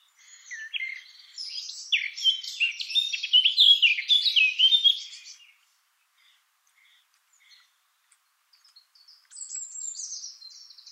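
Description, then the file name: Eurasian blackcap song, a rich, hurried warble of chattering notes for about five seconds, then quiet, then a brief high thin phrase near the end. "Sylvia atricapilla"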